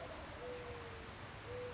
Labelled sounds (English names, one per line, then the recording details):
Mourning Dove
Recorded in Sonoma County, California